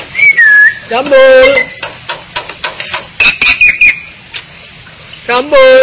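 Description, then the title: Bali myna whistling: clear slurred whistles, some falling and some flat, mixed with harmonic nasal notes and scattered clattering knocks. "Jalak Bali"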